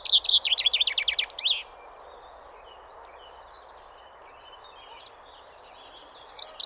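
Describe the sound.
Common chaffinch song: the closing part of a rapid, falling trill and its end flourish, followed by faint bird chirps and the start of another phrase.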